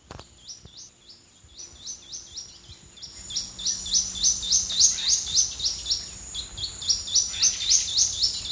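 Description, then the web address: Plain Xenops calling: rapid series of sharp, high, upslurred notes, faint at first then louder and steadier after three seconds, with a thin constant high whine behind. Calling at 09:03. "GLOTIN EXPLOLODGE bird samples xenopsminutus LIFECLEF 2014 BIRDAMAZON"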